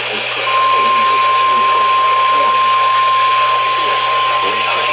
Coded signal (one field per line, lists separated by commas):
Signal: Emergency Alert System (SAME) tones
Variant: 1050 Hz attention tone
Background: speech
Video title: MY DREAMSKY IS ACTIVATED... EAS Alerts From 6/19/26 (EAS#6,106 - 6,125)